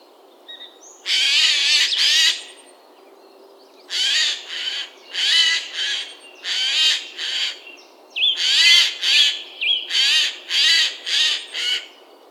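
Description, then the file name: Eurasian jay repeating harsh, hoarse screeches in bursts, often two or three close together with short pauses between groups. "Garrulus glandarius"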